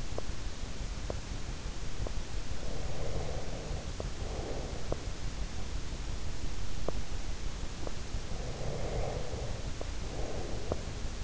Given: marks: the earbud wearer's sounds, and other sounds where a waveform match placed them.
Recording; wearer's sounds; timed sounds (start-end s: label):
sounds in sleep by an in-ear microphone; teeth grinding, breath
0.16-0.30 s: teeth grinding
1.03-1.18 s: teeth grinding
1.93-2.13 s: teeth grinding
2.51-5.14 s: breath
3.93-4.17 s: teeth grinding
4.87-5.14 s: teeth grinding
6.69-7.08 s: teeth grinding
7.65-7.99 s: teeth grinding
8.47-11.24 s: breath